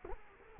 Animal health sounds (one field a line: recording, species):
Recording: mosquito wingbeat signal from an infrared sensor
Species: Culex quinquefasciatus